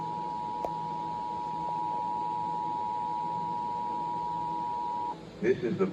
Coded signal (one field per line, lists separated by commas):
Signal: Emergency Alert System (SAME) tones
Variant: 853 and 960 Hz attention tone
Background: speech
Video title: (EAS 55) Local Area Emergency